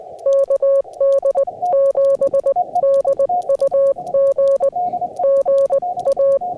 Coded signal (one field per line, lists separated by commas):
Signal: Morse code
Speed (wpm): 20 wpm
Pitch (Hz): 550 Hz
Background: music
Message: KD7DUG GA